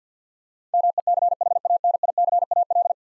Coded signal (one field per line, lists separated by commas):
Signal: Morse code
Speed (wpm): 50 wpm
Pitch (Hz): 700 Hz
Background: none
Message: MECHANICAL